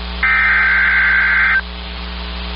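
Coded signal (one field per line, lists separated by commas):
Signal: Emergency Alert System (SAME) tones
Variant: header bursts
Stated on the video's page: Simulated EAS alert with valid SAME headers, for a severe weather event.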